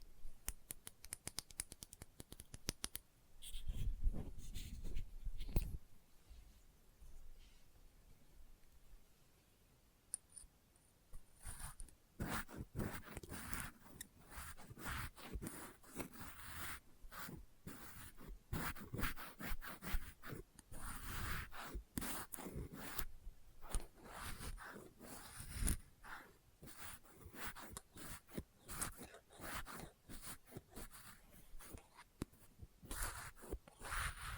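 Experimental triggers made with test tubes: dense crackling, tapping and scraping sounds, quick and irregular, filling most of the clip. A low rumbling bump comes around four seconds, then a quieter, sparser stretch until about ten seconds before the busy clicking returns.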